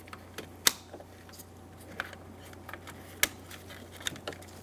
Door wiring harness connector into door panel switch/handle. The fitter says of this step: push until you hear a click if you don't give them a pull make sure they're locked in